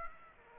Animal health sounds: mosquito wingbeat signal from an infrared sensor; Aedes aegypti

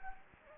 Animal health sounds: mosquito wingbeat signal from an infrared sensor; Anopheles gambiae

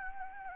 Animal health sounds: mosquito wingbeat signal from an infrared sensor; Anopheles gambiae

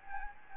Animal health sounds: mosquito wingbeat signal from an infrared sensor; Anopheles gambiae

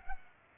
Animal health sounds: mosquito wingbeat signal from an infrared sensor; Culex pipiens

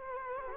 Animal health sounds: mosquito wingbeat signal from an infrared sensor; Culex quinquefasciatus

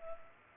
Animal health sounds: mosquito wingbeat signal from an infrared sensor; Culex pipiens

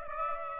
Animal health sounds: mosquito wingbeat signal from an infrared sensor; Aedes aegypti

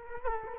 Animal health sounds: mosquito wingbeat signal from an infrared sensor; Culex quinquefasciatus

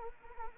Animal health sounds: mosquito wingbeat signal from an infrared sensor; Anopheles arabiensis

